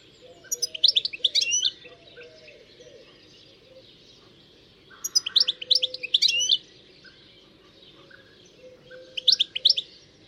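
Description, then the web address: Bird twittering: three bursts of high, sharp, rapid chirps about four seconds apart, with soft lower tonal notes between them. "Deverinetal. Bird Only"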